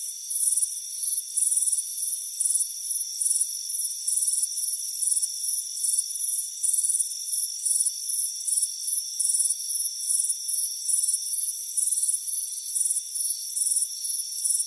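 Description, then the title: Dense cricket chorus, bright buzzy chirps tumbling quickly, about three bursts a second, over a steady high-pitched hum. Crickets chirping on a warm afternoon by a front porch. "Soothing Crickets Chirping Sound"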